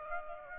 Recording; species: mosquito wingbeat signal from an infrared sensor; Aedes aegypti